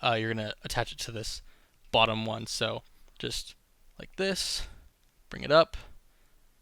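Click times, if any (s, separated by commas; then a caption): none. A plastic back clip for an action figure is being lined up with the bottom hole of the figure's body core and brought up toward it while someone talks. Only speech and faint handling are heard; nothing has seated or clicked yet.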